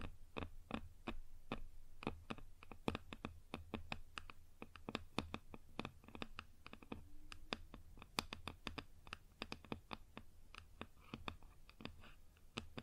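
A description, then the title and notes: Quick, irregular fingertip taps on a wooden surface, several per second, sharp with a dry, clicky bite. The tapping runs steadily throughout, with a low constant hum underneath and a faint brief tone near the middle. ASMR Wood Surface Tapping & Scratching (No Talking).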